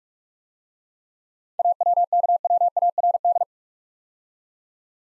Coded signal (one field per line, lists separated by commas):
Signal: Morse code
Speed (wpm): 44 wpm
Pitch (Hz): 700 Hz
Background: none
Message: AWKWARD